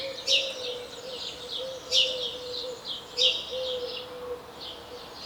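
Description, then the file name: House sparrow giving several strong chirps spaced over a second apart, with quieter twitters between and a wavering low hum in the background. "Passer domesticus"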